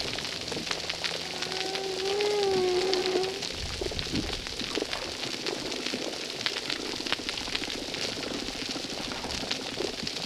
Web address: Brigitte RECIFS Recif 10 Humpback Whales audio. filtre